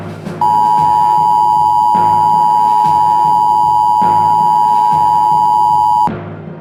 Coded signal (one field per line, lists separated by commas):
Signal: Emergency Alert System (SAME) tones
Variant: 853 and 960 Hz attention tone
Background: music